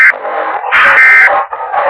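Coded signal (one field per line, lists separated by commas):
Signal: Emergency Alert System (SAME) tones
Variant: end-of-message bursts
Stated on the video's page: Simulated mock EAS alert, a fictional scenario.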